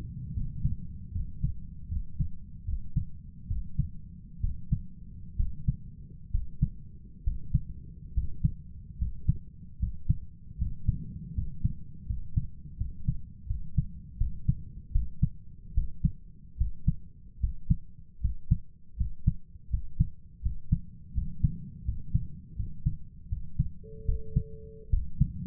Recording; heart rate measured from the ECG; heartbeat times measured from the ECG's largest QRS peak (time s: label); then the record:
heart sounds by stethoscope; 76 bpm
0.33 s: heartbeat
1.11 s: heartbeat
1.87 s: heartbeat
2.64 s: heartbeat
3.47 s: heartbeat
4.40 s: heartbeat
5.36 s: heartbeat
6.30 s: heartbeat
7.23 s: heartbeat
8.13 s: heartbeat
8.97 s: heartbeat
9.78 s: heartbeat
10.57 s: heartbeat
11.33 s: heartbeat
12.05 s: heartbeat
12.76 s: heartbeat
13.46 s: heartbeat
14.16 s: heartbeat
14.91 s: heartbeat
15.73 s: heartbeat
16.56 s: heartbeat
17.39 s: heartbeat
18.20 s: heartbeat
18.96 s: heartbeat
19.69 s: heartbeat
20.41 s: heartbeat
21.13 s: heartbeat
21.84 s: heartbeat
22.55 s: heartbeat
23.28 s: heartbeat
24.04 s: heartbeat
24.89 s: heartbeat
From the record:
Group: healthy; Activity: rest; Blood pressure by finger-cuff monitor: 84/59 mmHg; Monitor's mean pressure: 68 mmHg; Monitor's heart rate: 77 bpm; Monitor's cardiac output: 6.3 L/min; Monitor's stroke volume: 83 mL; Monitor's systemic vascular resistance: 750 dyn s/cm5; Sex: male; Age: 23 years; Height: 178 cm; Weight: 96.6 kg